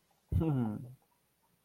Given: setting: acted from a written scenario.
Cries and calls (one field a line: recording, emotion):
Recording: vocal sound without words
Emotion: romantic love